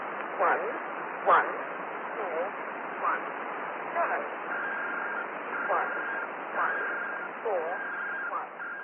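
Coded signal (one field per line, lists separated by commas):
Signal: numbers station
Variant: E03A Cherry Ripe, English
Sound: short evenly spaced spoken words through hissy radio, with a steady tone partway through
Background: radio static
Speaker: Then 6 tones were transmitted, plus exactly 200 5-figure groups of numbers.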